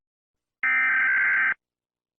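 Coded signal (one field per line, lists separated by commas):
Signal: Emergency Alert System (SAME) tones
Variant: header bursts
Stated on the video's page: Fictional EAS scenario.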